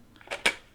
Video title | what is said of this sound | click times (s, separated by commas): How to Use a Kiev 88 medium format Film Camera | it should jump right in and turn it clockwise until it clicks into spot | 0.5 s